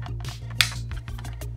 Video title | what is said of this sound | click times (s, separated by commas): Unboxing rockspace AX1800 WiFi 6 Repeater Range Extender Covers up to 1500 sq.ft : Good Tech Cheap | it would go in place it would also pop letting you know it clicked into place | 0.6 s